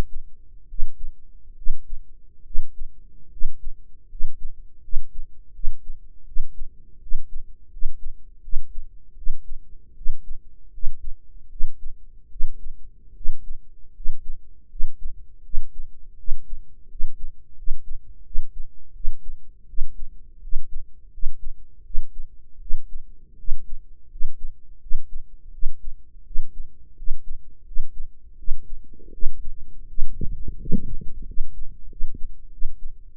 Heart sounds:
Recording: heart sounds by microphone in the right ear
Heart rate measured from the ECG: 81 bpm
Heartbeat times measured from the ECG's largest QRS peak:
0.64 s: heartbeat
1.52 s: heartbeat
2.41 s: heartbeat
3.27 s: heartbeat
4.05 s: heartbeat
4.79 s: heartbeat
5.50 s: heartbeat
6.22 s: heartbeat
6.97 s: heartbeat
7.67 s: heartbeat
8.39 s: heartbeat
9.13 s: heartbeat
9.92 s: heartbeat
10.68 s: heartbeat
11.46 s: heartbeat
12.26 s: heartbeat
13.11 s: heartbeat
13.90 s: heartbeat
14.66 s: heartbeat
15.40 s: heartbeat
16.14 s: heartbeat
16.85 s: heartbeat
17.53 s: heartbeat
18.21 s: heartbeat
18.90 s: heartbeat
19.64 s: heartbeat
20.38 s: heartbeat
21.08 s: heartbeat
21.81 s: heartbeat
22.57 s: heartbeat
23.34 s: heartbeat
24.06 s: heartbeat
24.77 s: heartbeat
25.49 s: heartbeat
26.21 s: heartbeat
26.92 s: heartbeat
27.62 s: heartbeat
28.34 s: heartbeat
29.09 s: heartbeat
29.84 s: heartbeat
30.55 s: heartbeat
31.23 s: heartbeat
31.86 s: heartbeat
32.48 s: heartbeat
33.10 s: heartbeat
From the record:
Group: healthy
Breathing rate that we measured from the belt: 18 breaths a minute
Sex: female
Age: 23 years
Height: 160 cm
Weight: 50.4 kg

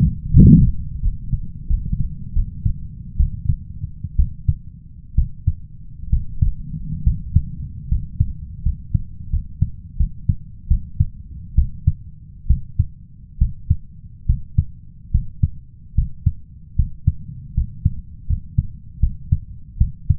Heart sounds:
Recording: heart sounds by stethoscope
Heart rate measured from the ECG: 74 bpm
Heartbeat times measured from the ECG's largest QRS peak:
0.30 s: heartbeat
1.00 s: heartbeat
1.67 s: heartbeat
2.33 s: heartbeat
3.17 s: heartbeat
4.16 s: heartbeat
5.15 s: heartbeat
6.10 s: heartbeat
7.03 s: heartbeat
7.88 s: heartbeat
8.63 s: heartbeat
9.30 s: heartbeat
9.97 s: heartbeat
10.68 s: heartbeat
11.55 s: heartbeat
12.47 s: heartbeat
13.38 s: heartbeat
14.26 s: heartbeat
15.11 s: heartbeat
15.94 s: heartbeat
16.75 s: heartbeat
17.54 s: heartbeat
18.26 s: heartbeat
19.00 s: heartbeat
19.77 s: heartbeat
From the record:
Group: healthy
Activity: rest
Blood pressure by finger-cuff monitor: 100/62 mmHg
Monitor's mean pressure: 73 mmHg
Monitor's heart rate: 73 bpm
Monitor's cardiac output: 5.8 L/min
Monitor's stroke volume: 79 mL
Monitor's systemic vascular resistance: 920 dyn s/cm5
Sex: male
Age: 21 years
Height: 170 cm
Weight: 71 kg

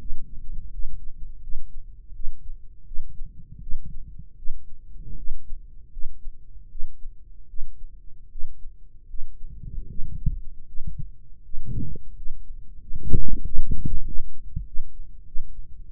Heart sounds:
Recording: heart sounds by microphone in the right ear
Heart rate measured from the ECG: 83 bpm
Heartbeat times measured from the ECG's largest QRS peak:
0.70 s: heartbeat
1.40 s: heartbeat
2.13 s: heartbeat
2.85 s: heartbeat
3.60 s: heartbeat
4.36 s: heartbeat
5.16 s: heartbeat
5.90 s: heartbeat
6.69 s: heartbeat
7.47 s: heartbeat
8.29 s: heartbeat
9.07 s: heartbeat
9.87 s: heartbeat
10.66 s: heartbeat
11.42 s: heartbeat
12.14 s: heartbeat
12.79 s: heartbeat
13.42 s: heartbeat
14.04 s: heartbeat
14.64 s: heartbeat
15.24 s: heartbeat
15.84 s: heartbeat
From the record:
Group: healthy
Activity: rest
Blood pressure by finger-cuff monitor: 142/82 mmHg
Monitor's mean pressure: 101 mmHg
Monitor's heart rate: 77 bpm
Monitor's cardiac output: 6.7 L/min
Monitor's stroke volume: 87 mL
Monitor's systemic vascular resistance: 1140 dyn s/cm5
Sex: male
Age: 21 years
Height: 180 cm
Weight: 67.5 kg

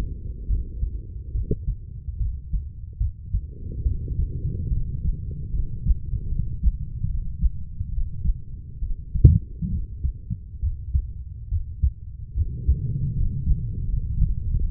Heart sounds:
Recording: heart sounds by stethoscope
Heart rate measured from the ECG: 73 bpm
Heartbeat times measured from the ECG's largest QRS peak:
0.47 s: heartbeat
1.32 s: heartbeat
2.18 s: heartbeat
2.98 s: heartbeat
3.83 s: heartbeat
4.69 s: heartbeat
5.51 s: heartbeat
6.29 s: heartbeat
7.07 s: heartbeat
7.90 s: heartbeat
8.80 s: heartbeat
9.70 s: heartbeat
10.61 s: heartbeat
11.49 s: heartbeat
12.35 s: heartbeat
13.14 s: heartbeat
13.86 s: heartbeat
14.53 s: heartbeat
From the record:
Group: healthy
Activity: rest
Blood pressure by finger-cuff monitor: 155/80 mmHg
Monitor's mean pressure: 101 mmHg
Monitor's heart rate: 70 bpm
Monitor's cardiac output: 6.8 L/min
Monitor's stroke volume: 97 mL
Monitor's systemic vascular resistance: 1100 dyn s/cm5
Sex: female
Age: 32 years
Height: 168 cm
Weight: 61.9 kg

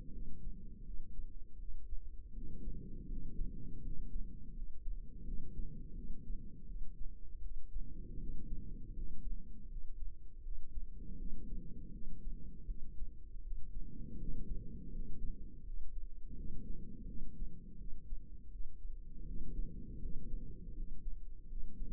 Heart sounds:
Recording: heart sounds by microphone in the right ear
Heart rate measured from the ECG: 81 bpm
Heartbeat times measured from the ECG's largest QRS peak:
0.10 s: heartbeat
0.82 s: heartbeat
1.56 s: heartbeat
2.31 s: heartbeat
3.06 s: heartbeat
3.80 s: heartbeat
4.52 s: heartbeat
5.22 s: heartbeat
5.92 s: heartbeat
6.64 s: heartbeat
7.39 s: heartbeat
8.17 s: heartbeat
8.92 s: heartbeat
9.67 s: heartbeat
10.41 s: heartbeat
11.15 s: heartbeat
11.90 s: heartbeat
12.65 s: heartbeat
13.40 s: heartbeat
14.16 s: heartbeat
14.90 s: heartbeat
15.63 s: heartbeat
16.34 s: heartbeat
17.04 s: heartbeat
17.75 s: heartbeat
18.48 s: heartbeat
19.23 s: heartbeat
19.98 s: heartbeat
20.73 s: heartbeat
21.46 s: heartbeat
From the record:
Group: healthy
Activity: cold pressor test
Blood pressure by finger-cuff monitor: 122/93 mmHg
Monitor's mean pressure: 104 mmHg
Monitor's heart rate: 81 bpm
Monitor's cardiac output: 5.8 L/min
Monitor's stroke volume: 71 mL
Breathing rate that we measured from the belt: 11 breaths a minute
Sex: female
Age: 32 years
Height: 172 cm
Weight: 71.7 kg

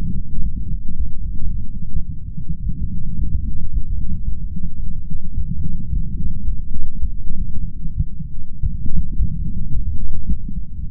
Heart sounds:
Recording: heart sounds by stethoscope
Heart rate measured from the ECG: 110 bpm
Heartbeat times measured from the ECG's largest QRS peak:
0.42 s: heartbeat
0.97 s: heartbeat
1.52 s: heartbeat
2.07 s: heartbeat
2.63 s: heartbeat
3.17 s: heartbeat
3.71 s: heartbeat
4.26 s: heartbeat
4.81 s: heartbeat
5.36 s: heartbeat
5.91 s: heartbeat
6.45 s: heartbeat
7.00 s: heartbeat
7.55 s: heartbeat
7.95 s: heartbeat
8.61 s: heartbeat
9.17 s: heartbeat
9.72 s: heartbeat
10.26 s: heartbeat
10.81 s: heartbeat
From the record:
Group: healthy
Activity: light exercise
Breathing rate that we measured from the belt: 19 breaths a minute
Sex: male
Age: 35 years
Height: 180 cm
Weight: 86.9 kg

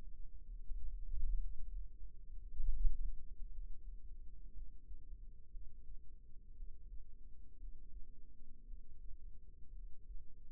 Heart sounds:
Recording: heart sounds by microphone in the right ear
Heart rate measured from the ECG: 58 bpm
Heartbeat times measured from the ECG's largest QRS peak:
0.45 s: heartbeat
1.39 s: heartbeat
2.45 s: heartbeat
3.51 s: heartbeat
4.50 s: heartbeat
5.48 s: heartbeat
6.51 s: heartbeat
7.55 s: heartbeat
8.63 s: heartbeat
9.70 s: heartbeat
From the record:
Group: healthy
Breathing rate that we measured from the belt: 19 breaths a minute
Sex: female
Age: 37 years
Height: 168 cm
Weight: 70 kg

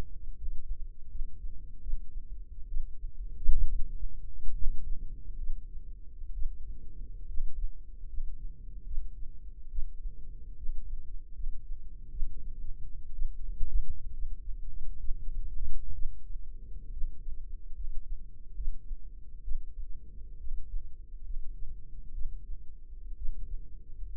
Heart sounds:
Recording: heart sounds by microphone in the left ear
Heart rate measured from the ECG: 68 bpm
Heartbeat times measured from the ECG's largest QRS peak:
0.37 s: heartbeat
1.11 s: heartbeat
1.82 s: heartbeat
2.69 s: heartbeat
3.69 s: heartbeat
4.56 s: heartbeat
5.39 s: heartbeat
6.35 s: heartbeat
7.29 s: heartbeat
8.09 s: heartbeat
8.87 s: heartbeat
9.71 s: heartbeat
10.58 s: heartbeat
11.35 s: heartbeat
12.11 s: heartbeat
13.14 s: heartbeat
14.14 s: heartbeat
15.00 s: heartbeat
15.94 s: heartbeat
16.92 s: heartbeat
17.76 s: heartbeat
18.56 s: heartbeat
19.44 s: heartbeat
20.40 s: heartbeat
21.25 s: heartbeat
22.14 s: heartbeat
23.17 s: heartbeat
24.09 s: heartbeat
From the record:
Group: healthy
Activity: rest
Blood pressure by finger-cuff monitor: 108/65 mmHg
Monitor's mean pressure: 77 mmHg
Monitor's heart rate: 70 bpm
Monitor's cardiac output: 5.5 L/min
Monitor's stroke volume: 80 mL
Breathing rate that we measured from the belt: 18 breaths a minute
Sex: female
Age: 36 years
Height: 163 cm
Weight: 88 kg

